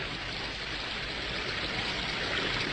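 trickling water

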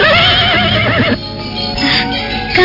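horse neighing

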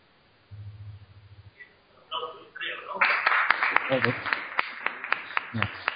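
audience applause

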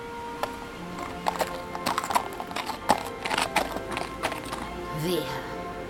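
horse hooves riding away

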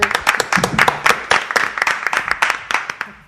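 applause

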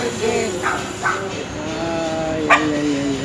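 dogs barking

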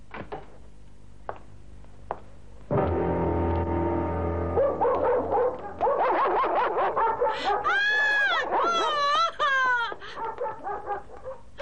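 dogs barking

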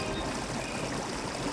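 flowing river water

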